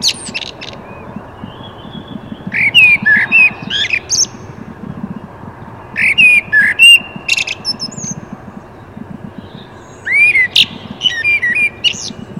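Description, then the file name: Common blackbird with several song phrases of soft fluting whistles mixed with sharp, high chattering squeaks, separated by brief pauses. "Turdus merula"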